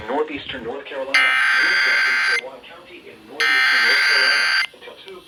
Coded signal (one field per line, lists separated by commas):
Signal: Emergency Alert System (SAME) tones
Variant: header bursts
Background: speech